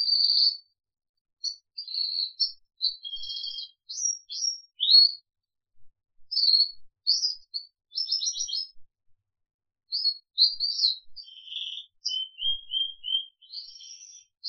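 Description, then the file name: Crested canary song: bursts of high twittering notes, trills and short whistles separated by brief pauses. "audio kenari jambul"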